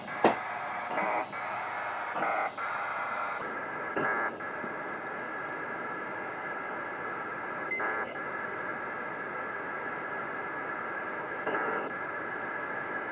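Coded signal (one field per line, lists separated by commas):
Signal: HF data modem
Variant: PACTOR 4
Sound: continuous hissy wideband data rush with brief periodic bursts and changes, over static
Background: radio static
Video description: data transmission on shortwave radio with PACTOR level 4 modem SCS P4dragon DR7800 and ICOM 7600 radio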